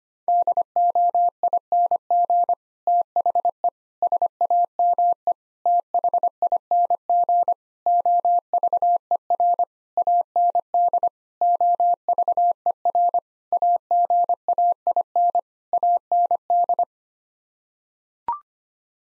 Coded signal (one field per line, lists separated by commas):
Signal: Morse code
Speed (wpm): 25 wpm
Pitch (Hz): 700 Hz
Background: none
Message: DOING THE SAME THING OVER AND OVER AGAIN AND